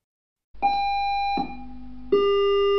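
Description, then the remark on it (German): A fire station alarm sounds in three long, steady electronic tones, starting high, dropping low, then rising to a middle pitch, loud and buzzy with no voices. “Alarm! Oh, tut mir leid. Ich kann euch jetzt leider nicht mehr weiterführen.”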